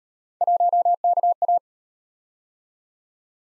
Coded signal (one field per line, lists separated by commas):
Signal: Morse code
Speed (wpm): 36 wpm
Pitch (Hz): 700 Hz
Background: none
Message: 1KA